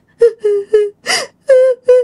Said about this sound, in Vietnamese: Thì đang nhắm mắt, đang lim dim ngủ vậy đó, cái tự nhiên chị nghe tiếng khóc. Tiếng khóc mà tiếng khóc nữ nha.